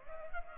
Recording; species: mosquito wingbeat signal from an infrared sensor; Culex pipiens